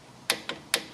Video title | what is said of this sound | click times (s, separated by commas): How To Replace Drum Brakes, Cylinder, Springs, Line ( Step By Step) :D - Building | that click that is it it is properly torqued | 0.7 s